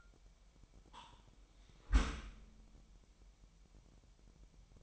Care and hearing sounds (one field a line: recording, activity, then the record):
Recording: daily activity, microphone in the room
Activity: close dishwasher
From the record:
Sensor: 1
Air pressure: 998.4 hPa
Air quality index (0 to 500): 138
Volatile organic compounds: 4 ppm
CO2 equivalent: 1646 ppm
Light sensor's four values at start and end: 16/55/22/22 and 16/55/22/22